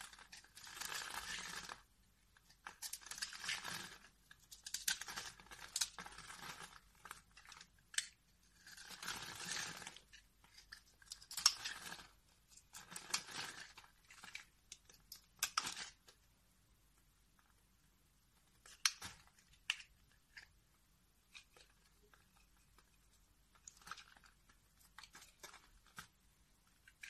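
Soap carving: a blade scrapes and shaves the bar in rough, bright bursts, each lasting a second or two with short pauses between. The strokes come thickly through the first fifteen seconds, then thin out into sparse clicks and brief scrapes.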